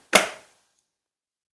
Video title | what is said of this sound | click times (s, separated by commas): $28 DOLLAR Bissell 3 in 1 Vacuum- Testing it on: 🐕 Food-Rice-Coffee-Flour | I'm just going to take it and for this you'll hear a snap | 0.2 s